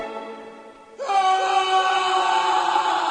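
A sudden, loud scream from the third floor of a house, Thornfield Hall, breaks in after a moment of quiet and holds as one long, high, wavering cry to the end, echoing through the whole house, with no talking.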